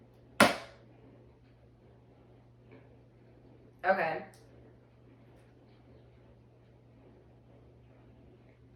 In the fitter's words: Close the funnel lid as shown by firmly clicking on the lid until you hear a click.